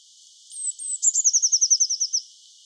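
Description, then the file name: Eurasian blue tit sounding two high, thin sliding notes, then a fast, even trill of around twelve notes that gently drops in pitch. "Cyanistes caeruleus"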